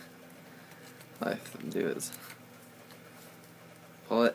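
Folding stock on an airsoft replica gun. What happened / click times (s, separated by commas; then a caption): Handled, not yet seated: no locking snap heard / none. Someone talks while handling the folding stock of a KWA MP9 airsoft replica gun, starting to pull it open against a quiet, steady background hum. Nothing has seated or clicked yet; the clip ends before the stock snaps into place.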